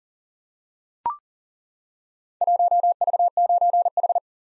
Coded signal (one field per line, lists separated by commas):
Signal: Morse code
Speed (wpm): 42 wpm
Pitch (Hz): 700 Hz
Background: none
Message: 1V9H